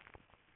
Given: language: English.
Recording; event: throat vibration sensor signal played as sound; swallow